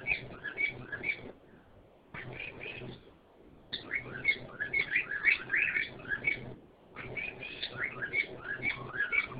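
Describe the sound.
Bird twittering in several bursts of high chirps and short whistled notes, separated by brief pauses.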